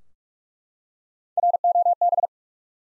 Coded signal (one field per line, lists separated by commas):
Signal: Morse code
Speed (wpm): 42 wpm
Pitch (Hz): 700 Hz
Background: none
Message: ROB